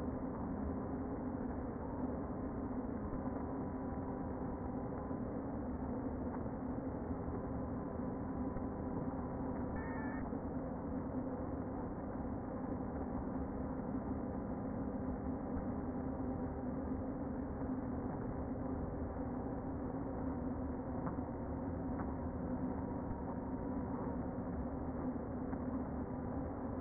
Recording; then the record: honeybee colony, microphone inside the hive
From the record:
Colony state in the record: queen present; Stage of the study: before two queens were removed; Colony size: about 60,000 bees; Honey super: yes